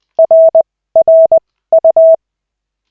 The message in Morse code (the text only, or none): R R U